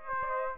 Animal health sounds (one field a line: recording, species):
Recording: mosquito wingbeat signal from an infrared sensor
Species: Aedes aegypti